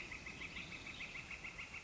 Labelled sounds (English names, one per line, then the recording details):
Northern Flicker
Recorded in Sonoma County, California